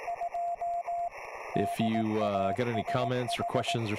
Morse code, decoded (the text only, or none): 2 DASH